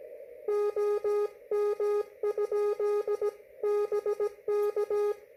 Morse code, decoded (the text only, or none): OM? BK